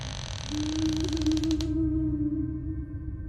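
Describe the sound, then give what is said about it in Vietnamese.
A door creaks shut as a woman brings a pair of sandals inside and closes it, a drawn-out, groaning squeal that wavers in pitch, ending in a soft clunk, followed by a low steady hum. “Nghĩ ngợi một hồi, chị cũng cầm đôi dép vào trong rồi đóng cửa lại.”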